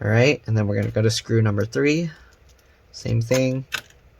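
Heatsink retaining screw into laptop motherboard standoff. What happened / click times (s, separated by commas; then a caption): The screw is being started by hand and has not seated yet / none. Someone talks while a CPU heatsink retaining screw, screw number 3, is fitted into a laptop motherboard standoff on an ASUS G73S G73SW-BST6, using the same method of twisting it backwards until it clicks into the thread start before tightening in numbered order. Near the end, two faint, brief ticks are heard, but nothing has seated or clicked into place yet.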